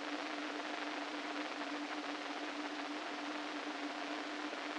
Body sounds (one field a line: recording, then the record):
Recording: brain microelectrode recording played as sound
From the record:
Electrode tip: inside the subthalamic nucleus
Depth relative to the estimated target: -3 mm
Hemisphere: right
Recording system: NeuroSet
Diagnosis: Parkinson's disease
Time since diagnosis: 13 years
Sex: male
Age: 49 years